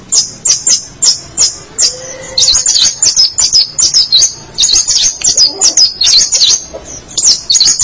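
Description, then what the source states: Long-tailed shrike song, high scratchy twittering and rapid sharp notes in quick irregular bursts, almost continuous. March 2017.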